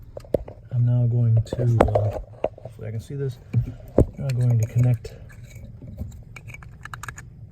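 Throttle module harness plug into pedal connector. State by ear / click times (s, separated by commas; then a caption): seated / 6.9 s. Someone talks while reaching under the dash of a 2003–2010 Ford SuperDuty F250/F350/F450 and pushing the plastic plug of a JMS FleetMAX throttle module harness into the accelerator pedal's mating connector. Small handling knocks and rustles follow, and a sharp click at 6.9 s marks the plug seating.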